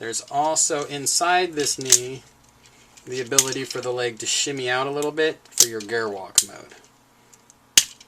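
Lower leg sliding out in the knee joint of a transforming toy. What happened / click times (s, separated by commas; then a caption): The jointed part slid out and snapped into position / 7.8 s. Someone talks while sliding the lower leg out inside the knee joint of a plastic and die-cast transforming jet toy for its walker mode. After a few faint ticks, a sharp, loud snap at 7.8 s shows the leg has extended and clicked into position.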